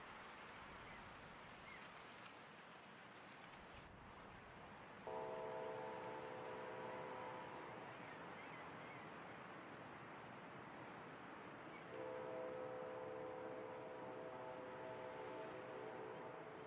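Wind blows steadily through grass in a constant, full hiss with a soft low rumble underneath. A train in the distance sounds its horn twice, a held chord from about 5 to 7.5 seconds and again from 12 to 14.5 seconds.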